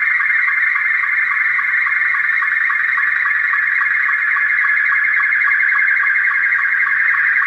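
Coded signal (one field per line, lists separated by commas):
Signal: SSTV (slow-scan television)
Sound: steady warbling, chirping tone with quick regular ticks about three per second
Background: radio static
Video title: Decoding SSTV via Kiwi Server part one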